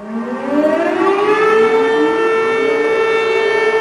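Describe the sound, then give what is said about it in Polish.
Air raid sirens wail over Warsaw, Poland, at W hour during the commemoration of the Warsaw Uprising, in a long, steady rising tone that swells and then holds a loud, sustained pitch, with layered harmonics and no voices. “Kulminacyjnym momentem obchodów będzie godzina W, gdy w Warszawie zawyją syreny, a życie stolicy zatrzyma się na minutę.”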